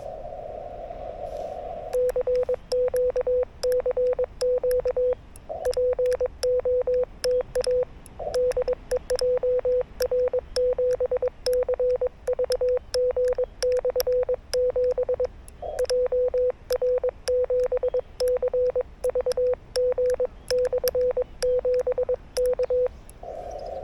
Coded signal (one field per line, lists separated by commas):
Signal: Morse code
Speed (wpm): 22 wpm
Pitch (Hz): 500 Hz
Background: none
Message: CQ CQ POTA DE JR7CVG/7 JR7CVG/7 K